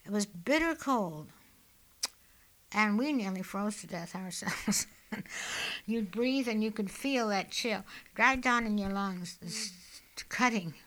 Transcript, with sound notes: It was bitter cold. And we nearly froze to death ourselves. (she laughs) (she inhales) You'd breath and you could feel that chill right down in your lungs, cutting.